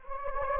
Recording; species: mosquito wingbeat signal from an infrared sensor; Anopheles gambiae